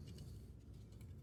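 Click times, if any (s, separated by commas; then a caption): none. A plastic scale-model kit part is handled against the model assembly, giving faint, steady handling noise over a low background rumble with a small tick around 0.2 s. The part has not seated or snapped into place yet.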